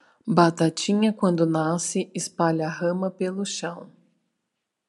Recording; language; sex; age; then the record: short text; Brazilian Portuguese; female; 30 to 39 years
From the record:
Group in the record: control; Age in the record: 39 years